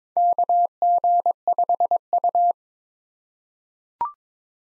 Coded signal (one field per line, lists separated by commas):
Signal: Morse code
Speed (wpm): 22 wpm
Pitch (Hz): 700 Hz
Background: none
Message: KG5U